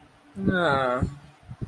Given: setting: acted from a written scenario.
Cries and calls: vocal sound without words; sadness

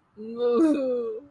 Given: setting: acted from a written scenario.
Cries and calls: vocal sound without words; shame

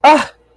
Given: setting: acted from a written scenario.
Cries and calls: vocal sound without words; negative surprise

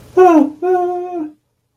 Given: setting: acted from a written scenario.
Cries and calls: vocal sound without words; fear

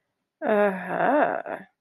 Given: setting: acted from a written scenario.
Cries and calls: vocal sound without words; desire

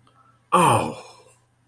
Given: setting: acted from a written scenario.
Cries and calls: vocal sound without words; negative surprise

